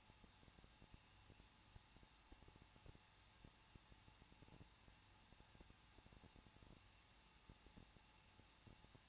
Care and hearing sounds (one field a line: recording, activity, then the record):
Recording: daily activity, microphone in the room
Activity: no activity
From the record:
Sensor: 1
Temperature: 20.1 degrees Celsius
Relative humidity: 39.1%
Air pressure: 1006.3 hPa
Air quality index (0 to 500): 217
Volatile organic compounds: 75 ppm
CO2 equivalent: 3566 ppm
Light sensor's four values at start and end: 1/2/1/1 and 1/2/1/1